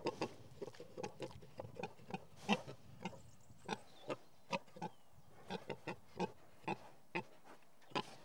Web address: BBC Sound Effects Library BBC 06-Animals and Birds 15 Pigs In Field